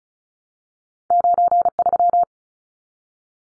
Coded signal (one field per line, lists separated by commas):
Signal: Morse code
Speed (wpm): 34 wpm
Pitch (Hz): 700 Hz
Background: none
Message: 93